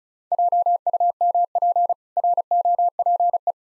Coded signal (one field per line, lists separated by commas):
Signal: Morse code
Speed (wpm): 34 wpm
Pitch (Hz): 700 Hz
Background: none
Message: JUMP ROPE